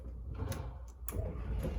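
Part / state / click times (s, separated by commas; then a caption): RV bedroom slide-out drive at the end of its travel / torque reached / 0.5 s, 0.9 s, 1.1 s. The front bedroom slide-out drive on a 2017 Coachmen Chaparral 392MLB RV runs to the end of its travel while the button is held, with a steady low mechanical hum throughout. At full extension its clutch clicks at 0.5, 0.9 and 1.1 seconds, the last click the sharpest. The clicking marks the slide at its full extension.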